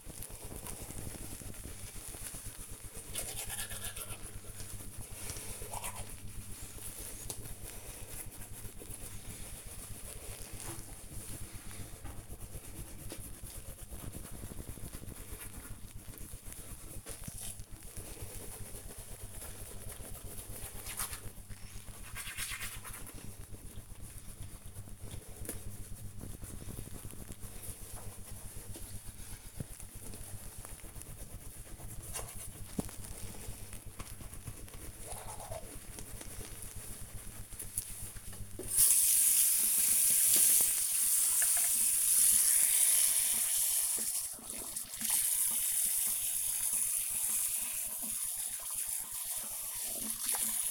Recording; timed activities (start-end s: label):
household activities, microphone on the right wrist
0.00-50.71 s: brushing teeth